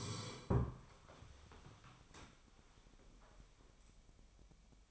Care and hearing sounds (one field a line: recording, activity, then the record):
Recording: daily activity, microphone in the room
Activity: sit down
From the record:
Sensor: 1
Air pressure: 1015.2 hPa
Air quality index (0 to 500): 157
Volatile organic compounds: 9 ppm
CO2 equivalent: 2174 ppm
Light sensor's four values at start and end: 12/29/12/13 and 12/30/12/14